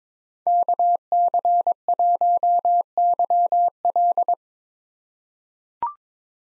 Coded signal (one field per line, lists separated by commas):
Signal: Morse code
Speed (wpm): 22 wpm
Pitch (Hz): 700 Hz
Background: none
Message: KC1YL